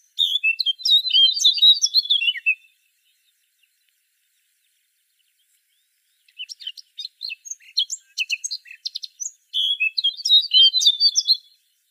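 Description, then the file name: Eurasian blackcap delivering fast, twittering warbled phrases, first a dense burst, then a silent gap, then scattered high notes leading into another chattering run. "Sylvia atricapilla"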